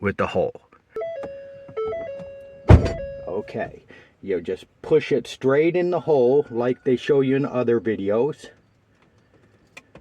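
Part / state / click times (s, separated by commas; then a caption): ignition lock cylinder retaining tab in the steering column ignition housing / released / 9.8 s. On a 2011 Ford Escape, a finishing nail is pushed straight into the hole beside the ignition lock cylinder in the steering column ignition housing to press down the retaining tab. Someone talks over faint tones and a thunk, then the tab releases with a small click at 9.8 s and a softer tick follows at 10.0 s. The metal cylinder is freed and can be pulled out.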